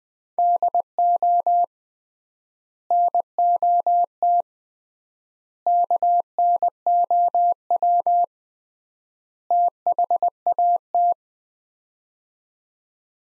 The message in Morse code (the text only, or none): DO NOT KNOW THAT